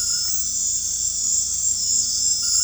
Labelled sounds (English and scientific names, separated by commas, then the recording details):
none
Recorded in dense forest near Puerto Asís, Putumayo, Colombia, on 18 December 2024 at 20:00
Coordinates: 0.481, -76.323
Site G100